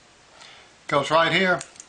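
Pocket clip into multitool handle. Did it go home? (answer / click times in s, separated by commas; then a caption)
no / none. A removable metal pocket clip for a Leatherman Charge Al multitool is handled at the side of the aluminium handle, where it slides in until it clicks into its slot. Someone talks, and there are faint handling sounds and a small tick at 1.8 s. Nothing has seated or clicked yet.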